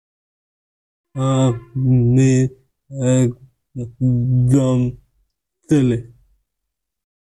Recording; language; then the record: elicited speech; Bengali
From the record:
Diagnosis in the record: Broca's or global aphasia after a stroke